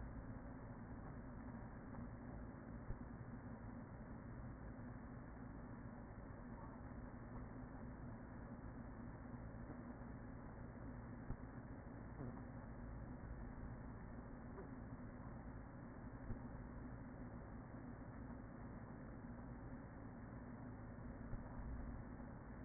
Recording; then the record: honeybee colony, microphone inside the hive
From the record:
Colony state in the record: queen present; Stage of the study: after two queens were removed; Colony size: about 40,000 bees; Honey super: no